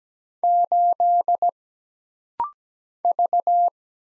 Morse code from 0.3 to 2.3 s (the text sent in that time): 8